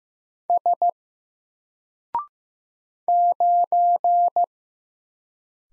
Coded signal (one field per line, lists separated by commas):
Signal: Morse code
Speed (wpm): 15 wpm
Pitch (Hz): 700 Hz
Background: none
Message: S 9